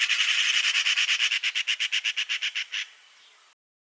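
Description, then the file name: Eurasian magpie giving a harsh, dry rattling chatter, fast at first and then slowing into distinct clacks before stopping after about three seconds. "Pica pica"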